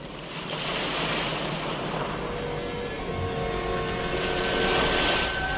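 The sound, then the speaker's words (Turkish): Continuous rushing of waves and sea wind around a ship turning around at sea, with a faint steady engine hum underneath and brief swells in loudness. No voices. “Şimdi gemi dönüş yaptı.”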